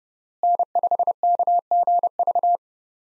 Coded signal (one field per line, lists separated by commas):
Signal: Morse code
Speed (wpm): 31 wpm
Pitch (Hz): 700 Hz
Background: none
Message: N5KGV